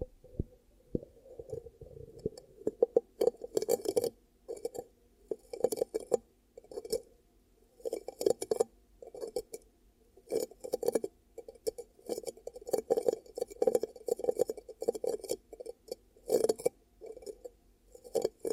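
Hands cup and rub over the ears in muffled, hollow bursts about once a second, each with a crackly, scratchy edge and brief pauses between.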